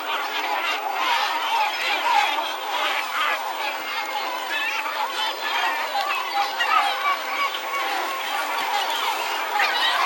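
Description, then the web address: Gull colony chorus: countless overlapping squealing and honking calls forming an unbroken wall of sound. "greenlandicbirds category gull"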